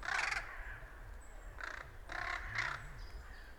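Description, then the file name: Ravens uttering several raspy, scratchy caws in an uneven burst, with a faint low wavering hum in the background. Ravens attacking a buzzard, a bird of prey; field recording. "Ravens Attack Busshard Raptor Field Recording"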